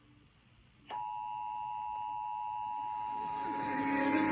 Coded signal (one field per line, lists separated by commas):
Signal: Emergency Alert System (SAME) tones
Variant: 853 and 960 Hz attention tone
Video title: EAS 1250-1251 - WFLS/WBQB Fredericksburg Monthly FAIL